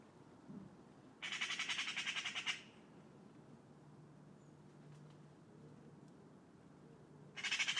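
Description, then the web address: Bird delivering one rattling, pulsed squawk, then quiet with a soft low hum, then another burst begins at the end. "cianscape birddata Deverinetal 2025"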